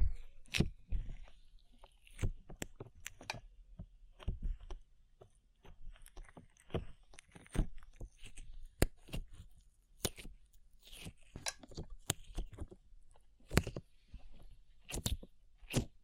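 Sticky slime is squished and pulled in a steady run of wet clicks, pops and smacks, arriving every half second or so across the whole stretch. The sharp snaps alternate with softer squelching stretches, and a faint hiss lingers between them.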